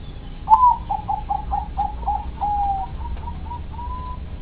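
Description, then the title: Dove cooing: a loud first coo, then a quick string of short, even hoots that smooth into a longer, drawn-out final note, over a steady low rumble. "Canto Da Pomba"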